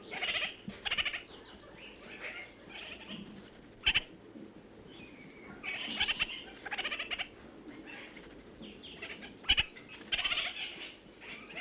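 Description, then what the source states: Red-crowned parakeet chatter in short clusters of nasal, squeaky notes, with sharp rattles punctuating the sequence over a constant low hiss. New Zealand.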